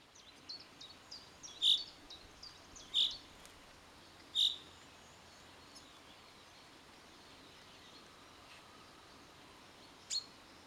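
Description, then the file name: Common chaffinch calls: three loud, short, sharp notes spaced about one to one and a half seconds apart, then a lone later note. "Fringilla coelebs"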